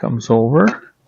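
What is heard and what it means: Someone talks while handling the folding leg of a SKILSAW SPT99-11 jobsite table saw stand, swinging it over toward its locking latch. The clip ends before the leg reaches the latch, and nothing has seated or clicked yet.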